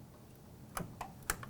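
A DDR4 memory stick is pushed straight down into a motherboard DIMM slot with a finger on each end. The retaining clips snap shut one after the other, at 0.8 s and 1.3 s, because the two ends did not go in evenly. Fainter ticks come between and after the two clicks, and the stick ends up seated.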